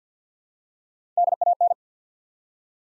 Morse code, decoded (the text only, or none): DAN